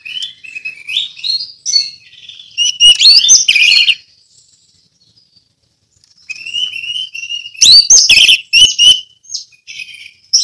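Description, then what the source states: Orange-headed thrush giving rich warbled phrases mixed with scratchy notes, falling silent for about two seconds before a fresh burst of loud, varied song. Song delivered in the ngeplong style.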